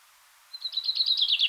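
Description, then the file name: Common chaffinch song phrase: a quick run of bright high notes, starting after half a second of quiet and growing louder and slightly lower toward the end. "Fringilla coelebs"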